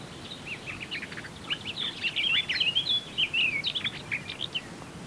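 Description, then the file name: Eurasian blackcap song, soft chattering notes swelling into loud, clear fluty whistles at midway before fading back to quiet twitters. "Sylvia atricapilla"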